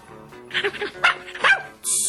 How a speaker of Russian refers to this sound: Щенок радостно завизжал и бросился лизать доктору руки.